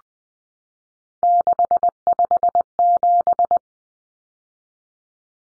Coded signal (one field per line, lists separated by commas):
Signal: Morse code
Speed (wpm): 20 wpm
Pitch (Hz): 700 Hz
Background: none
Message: 657